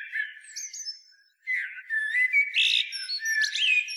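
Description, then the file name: Eurasian blackbird, soft warbling, a brief pause, then louder flowing whistled phrases with scratchy high notes mixed in. "Turdus merula"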